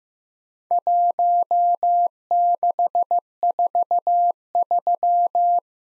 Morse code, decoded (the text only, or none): 1643